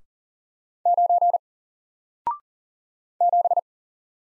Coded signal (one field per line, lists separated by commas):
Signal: Morse code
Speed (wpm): 40 wpm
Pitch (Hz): 700 Hz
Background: none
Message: 9 7